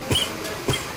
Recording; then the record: coughing mixed with background sound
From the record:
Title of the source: Dry Afternoon Cough